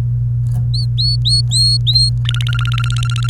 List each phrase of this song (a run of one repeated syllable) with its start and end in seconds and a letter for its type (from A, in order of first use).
0.74-2.09 A, 2.25-3.30 B